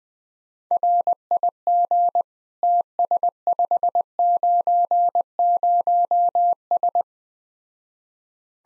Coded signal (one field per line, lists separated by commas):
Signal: Morse code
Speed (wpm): 20 wpm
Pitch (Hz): 700 Hz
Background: none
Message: RIG TS590S